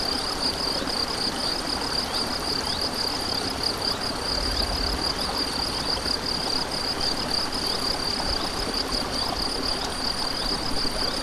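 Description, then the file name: Cricket trill, even and unbroken, pulsing at a high pitch, set against a broad wash of stream noise. Crickets recorded beside a stream on 7 May 2014 with an MZ-N710 recorder. "MZ-N 710 Ruisseau et grillons 7 05 14"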